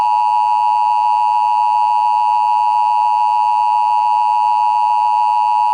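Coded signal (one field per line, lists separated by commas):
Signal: Emergency Alert System (SAME) tones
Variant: 853 and 960 Hz attention tone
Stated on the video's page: Recreated Ohio Required Monthly Test as shown on a cable box using a Trilithic EASyCAP screen.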